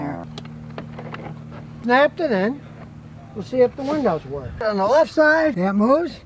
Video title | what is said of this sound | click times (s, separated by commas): Heres Why Hondas are Made Like Crap Now | Snapped it in. | 0.4 s, 0.8 s